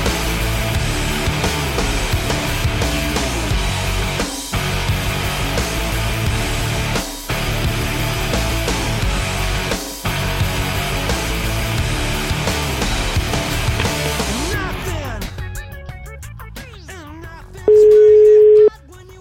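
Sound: telephone busy tone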